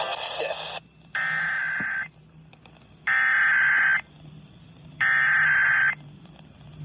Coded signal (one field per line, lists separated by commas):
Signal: Emergency Alert System (SAME) tones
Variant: header bursts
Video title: New Jersey Required Monthly Test on 4 stations (March 19, 2024) (EAS #1018-#1022)